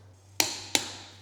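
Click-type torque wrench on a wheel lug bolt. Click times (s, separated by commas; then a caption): 0.4 s. A click-type torque wrench tightens a wheel lug bolt on an electric Skoda Enyaq and clicks at its setting at 0.4 s, confirming the bolt is torqued. A second sharp click follows at about 0.75 s, and each click has a brief bright ring over a low steady hum.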